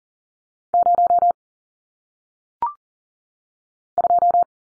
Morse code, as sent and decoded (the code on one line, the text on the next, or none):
----- / ..---
0 2